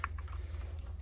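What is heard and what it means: A plastic and metal USB cable plug, oriented with its connector icon up, is slid into the port on the rotating kit of a Mindray BeneVision N22 patient monitor, giving a sharp click at 0.0 s as it seats. Fainter small taps follow over a steady low hum, and the plug ends up seated.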